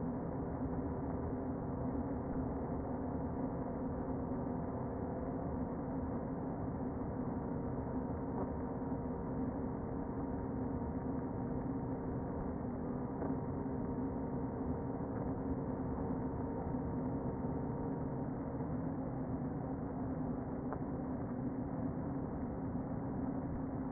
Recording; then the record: honeybee colony, microphone inside the hive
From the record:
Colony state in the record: queen present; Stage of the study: before two queens were removed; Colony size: about 60,000 bees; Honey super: yes